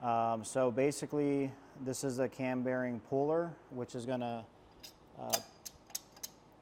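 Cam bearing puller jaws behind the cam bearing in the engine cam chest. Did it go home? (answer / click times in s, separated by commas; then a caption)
yes / 5.9 s, 6.2 s. Someone talks, then a metal cam bearing puller is slipped through the cam bearing in the cam chest of an M8 Softail engine. Its jaws pop into place behind the bearing with sharp clicks at 6.0 and 6.3 seconds, seating the puller.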